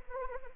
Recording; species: mosquito wingbeat signal from an infrared sensor; Anopheles arabiensis